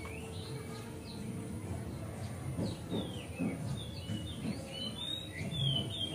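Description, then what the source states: Oriental magpie-robin song: a run of sweet whistled notes and short slurred phrases, growing busier toward the end, over constant low-pitched background noise. Song tutoring (masteran), made on a terrace.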